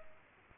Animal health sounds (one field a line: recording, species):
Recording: mosquito wingbeat signal from an infrared sensor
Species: Culex quinquefasciatus